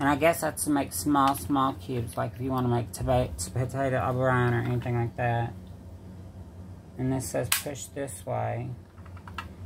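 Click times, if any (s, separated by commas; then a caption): 9.4 s. Someone talks while pushing the plastic blade grid insert into the base of a Mueller vegetable chopper in the direction marked on it. After the talking, a short run of quiet ticks around 9.1 to 9.3 seconds builds into a sharp click at 9.4 seconds as the insert locks in place.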